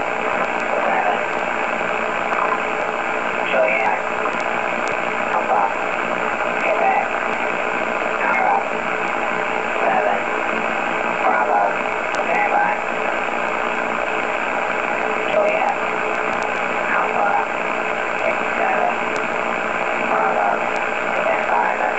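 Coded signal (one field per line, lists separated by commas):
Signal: coded military voice message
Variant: US Air Force EAM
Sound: faint voice reading coded characters through heavy, steady HF radio hiss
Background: radio static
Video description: EAM Emergency action message . These are the coded messages to the nuclear forces to go or no go!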